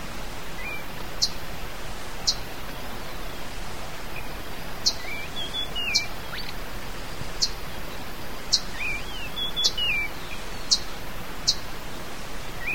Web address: cantos zorzachigua